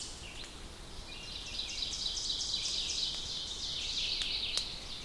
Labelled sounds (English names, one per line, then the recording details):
Ovenbird song
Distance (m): 65 m
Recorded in boreal forest in Alberta, Canada, on 2 June 2016 at 08:09
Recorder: SongMeter 3, array SBT-3-7
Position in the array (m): 24 m, 134 m
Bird 4